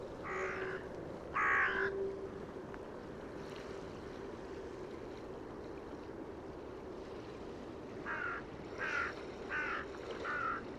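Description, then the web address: Bird calls: two harsh, crow-like caws at the start, then four more in a steady series near the end, over constant low rushing noise. "cianscape. Deverinetal. Bird Only"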